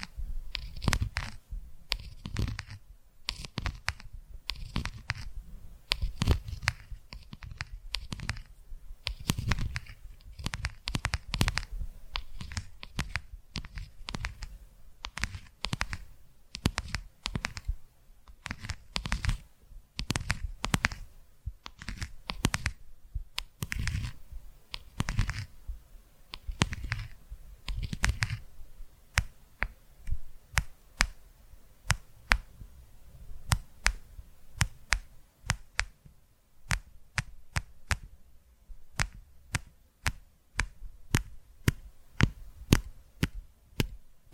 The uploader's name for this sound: ASMR Tapping Through Your Brain